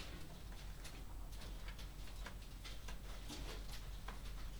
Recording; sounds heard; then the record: poultry house recording; no chicken sound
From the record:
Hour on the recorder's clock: 0